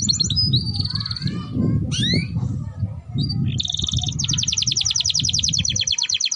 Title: Canto Para Esquentar Canário Belga. Suara Pancingan Kenari Gacor || Ampuh Untuk Masteran Kenari Paud Agar Cepat Bunyi